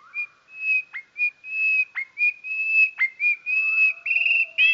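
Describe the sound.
Goldcrest song, slowed: drawn-out whistled notes at a fairly steady pitch broken by quick sharp downward slurs about once a second, ending in a brighter rising flourish.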